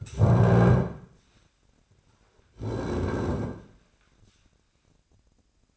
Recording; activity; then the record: daily activity, microphone in the room; stand up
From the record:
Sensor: 2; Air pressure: 1009.2 hPa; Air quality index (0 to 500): 167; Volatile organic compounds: 2 ppm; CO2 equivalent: 1224 ppm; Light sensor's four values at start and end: 40/107/45/50 and 42/111/46/52